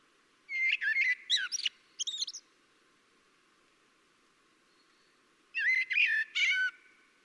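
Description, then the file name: Common blackbird producing two clusters of squeaky, warbled high notes, the first near the start and the second after a quiet gap of about three seconds. "Turdus merula"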